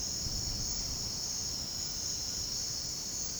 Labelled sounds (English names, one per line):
none